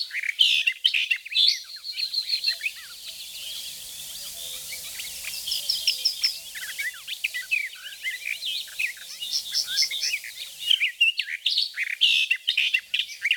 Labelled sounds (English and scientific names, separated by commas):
Barred Warbler (Sylvia nisoria) song